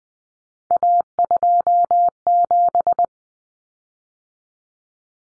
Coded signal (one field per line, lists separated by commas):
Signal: Morse code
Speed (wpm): 20 wpm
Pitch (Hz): 700 Hz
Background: none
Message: A27